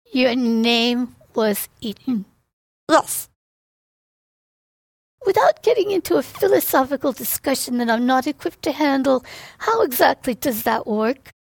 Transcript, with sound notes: Your name was eaten.
Yes.
[LONG PAUSE] Without getting into a philosophical discussion that I'm not equipped to handle, how, exactly, does that work?